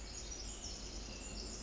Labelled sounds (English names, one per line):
Pacific Wren